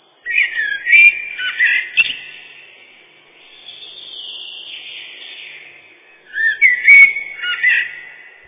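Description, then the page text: Common blackbird singing two rich warbled phrases, separated by a quieter drawn-out strained note in the middle. Song described as mournful fluty whistles. "Черный дрозд — Turdus merula"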